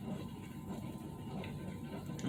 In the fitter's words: once that snaps in place there we're going to push